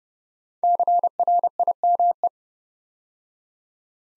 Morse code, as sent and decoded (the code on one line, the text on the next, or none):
-.-. .-. .. -- .
CRIME